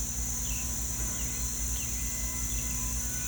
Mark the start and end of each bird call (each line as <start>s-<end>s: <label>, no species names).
0.43s-0.63s: bird call
1.12s-1.25s: bird call
1.75s-1.86s: bird call
2.47s-2.73s: bird call